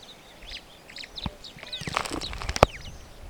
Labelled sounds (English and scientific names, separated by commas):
Superb Starling (Lamprotornis superbus) flight call